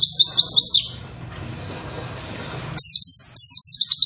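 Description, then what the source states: White-eye singing quick, high-pitched 'wit wit wit' notes in short runs separated by a pause. Long 'wit wit wit' song delivered in the 'nembak' style; the bird is described as 'gacor', actively singing.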